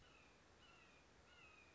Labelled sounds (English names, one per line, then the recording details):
Red-shouldered Hawk
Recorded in Sonoma County, California